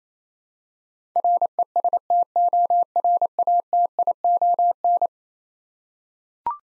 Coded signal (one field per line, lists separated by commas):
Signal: Morse code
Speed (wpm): 28 wpm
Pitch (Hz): 700 Hz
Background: none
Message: RESTORATION